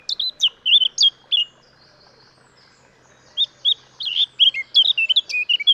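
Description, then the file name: Eurasian blackcap song: a quick run of chirpy warbled notes, a pause of about two seconds, then a longer lively warbled run. "Sylvia atricapilla"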